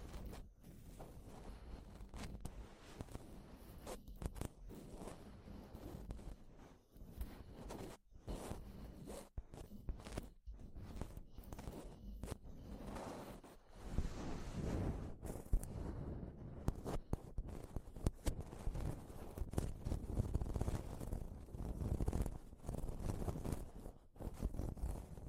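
A microphone is grabbed and handled slowly, giving continuous low rubbing and scraping with frequent brief dropouts, growing louder after fifteen seconds.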